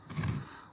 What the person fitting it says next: you heard it click there and it's on